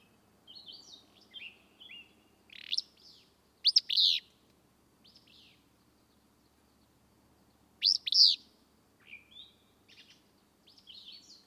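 Willow flycatcher singing its sneezy, buzzy phrase a few times, amid scattered quieter chirps and short whistles.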